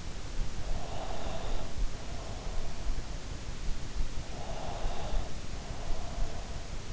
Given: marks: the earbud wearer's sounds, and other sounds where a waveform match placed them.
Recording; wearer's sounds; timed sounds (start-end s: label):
sounds in sleep by an in-ear microphone; breath
0.78-2.84 s: breath
4.27-6.50 s: breath